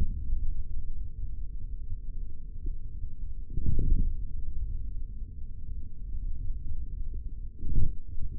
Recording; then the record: forearm muscle sounds (acoustic myography)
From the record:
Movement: hand closing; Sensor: system 3, bracelet of six PUI Audio POM-2738L microphones around the upper forearm, with dedicated amplification and filtering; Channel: 4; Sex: male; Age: 43 years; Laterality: right